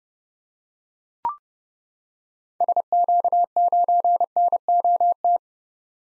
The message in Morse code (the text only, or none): SQ9NOT